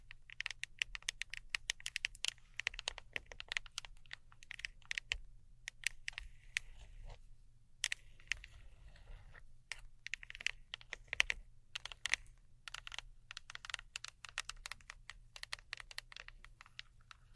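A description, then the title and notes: Crisp clicks and snaps from handling sticky tape, scissors and craft materials come in rapid, irregular bursts, much like fast typing. Short gaps break the flurry around 7 to 8 seconds and near 12 seconds. A low, steady hum runs underneath throughout. ASMR Neon Triggers（no Talking）. Sticky Tape. Scissors.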